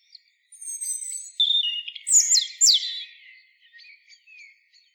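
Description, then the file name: European robin song: a high sliding whistle, then a louder cascade of tumbling, descending notes, and a few faint scratchy notes trailing off. "Erithacus rubecula"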